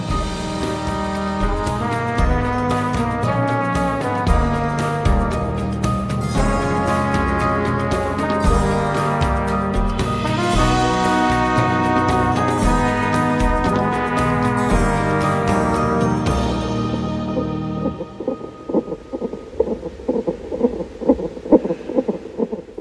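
After a musical intro, rapid regular whooshing Doppler pulses of an unborn baby boy's heartbeat, about 130 a minute, recorded during a visit to a midwife clinic.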